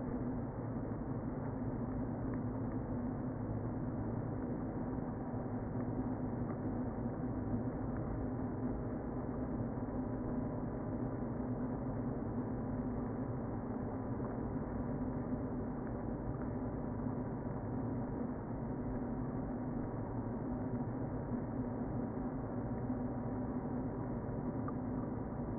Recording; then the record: honeybee colony, microphone inside the hive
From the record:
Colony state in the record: queen present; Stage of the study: before two queens were removed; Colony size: about 60,000 bees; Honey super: yes